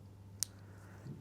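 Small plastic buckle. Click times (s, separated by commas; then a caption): 0.4 s. The small bead of a PGYTECH LinkGo hand-braided phone strap is popped down into its quick-release buckle a second time. It snaps into place with a single sharp click at 0.4 s, over a low steady hum, and the bead is seated.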